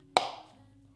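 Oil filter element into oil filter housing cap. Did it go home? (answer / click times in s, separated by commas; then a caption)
yes / 0.2 s. A new oil filter element for the 3.0T engine of an Audi S4 (B9) is pushed into the plastic oil filter housing cap. A single sharp, obvious click at 0.2 s shows it has seated, followed by a fading ring and quiet background hum.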